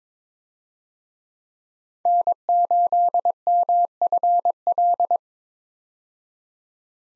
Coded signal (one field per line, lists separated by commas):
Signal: Morse code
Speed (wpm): 22 wpm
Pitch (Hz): 700 Hz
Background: none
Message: N8MFL